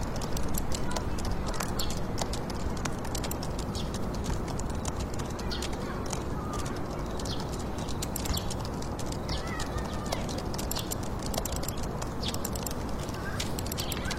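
Quick fingertip typing patters in a computer room, dense irregular clicks throughout over a steady low urban hiss, with faint chirpy sounds.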